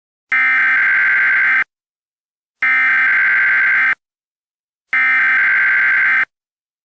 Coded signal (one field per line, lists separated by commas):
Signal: Emergency Alert System (SAME) tones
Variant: header bursts